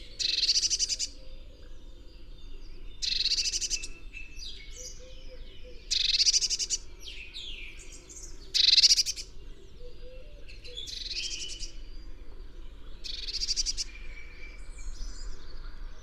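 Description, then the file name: Eurasian blue tit giving several short, high, buzzy churr bursts every few seconds, interspersed with thin high notes. "Cyanistes caeruleus"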